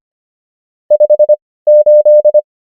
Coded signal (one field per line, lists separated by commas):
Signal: Morse code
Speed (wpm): 25 wpm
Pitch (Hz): 600 Hz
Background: none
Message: 58